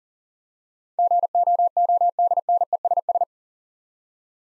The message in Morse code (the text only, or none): GOODNESS